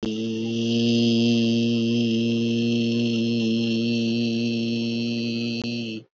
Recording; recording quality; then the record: sustained vowel as in beet; excellent, no background noise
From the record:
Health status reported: healthy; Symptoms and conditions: hypertension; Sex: male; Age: 43 years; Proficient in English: yes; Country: India